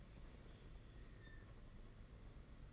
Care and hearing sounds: daily activity, microphone in the room; open fridge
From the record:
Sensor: 4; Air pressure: 992.6 hPa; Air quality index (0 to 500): 168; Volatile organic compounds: 235 ppm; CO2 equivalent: 4319 ppm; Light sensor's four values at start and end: 19/66/24/25 and 19/66/24/25

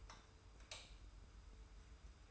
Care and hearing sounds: daily activity, microphone in the room; light off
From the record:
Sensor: 2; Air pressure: 990.8 hPa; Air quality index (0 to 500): 122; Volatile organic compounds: 91 ppm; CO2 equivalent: 3690 ppm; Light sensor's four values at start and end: 30/77/31/31 and 25/60/24/24

